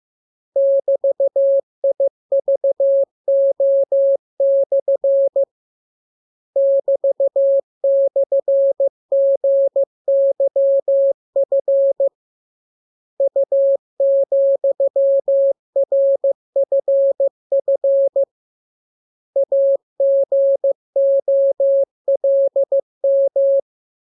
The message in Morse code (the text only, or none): <BT>IVO/ <BT>/GYF U,RFF AGOLM